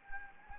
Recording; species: mosquito wingbeat signal from an infrared sensor; Anopheles gambiae